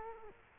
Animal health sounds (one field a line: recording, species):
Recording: mosquito wingbeat signal from an infrared sensor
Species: Culex quinquefasciatus